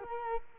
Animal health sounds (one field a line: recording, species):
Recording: mosquito wingbeat signal from an infrared sensor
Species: Culex quinquefasciatus